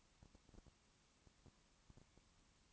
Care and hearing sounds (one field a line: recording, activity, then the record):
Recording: daily activity, microphone in the room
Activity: no activity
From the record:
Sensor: 1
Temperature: 19.2 degrees Celsius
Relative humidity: 37.8%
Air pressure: 1001.1 hPa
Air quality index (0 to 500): 198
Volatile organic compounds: 7 ppm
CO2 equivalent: 1994 ppm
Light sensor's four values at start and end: 1/2/1/1 and 1/2/1/1